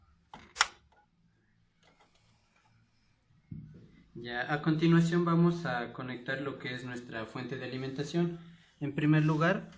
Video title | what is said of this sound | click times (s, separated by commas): PARTES DEL CPU | Para que los seguros queden conectados, hacemos una ligera presión en cada esquina hasta escuchar un clic. | 0.3 s, 0.6 s